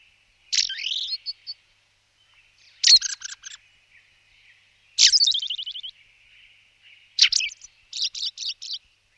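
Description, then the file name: Ring ouzel song in four short phrases, each opening with a sharp note followed by quick chattering or trilled notes, spaced about two seconds apart. "ringdrossel vogelatlas 6"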